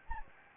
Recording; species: mosquito wingbeat signal from an infrared sensor; Anopheles gambiae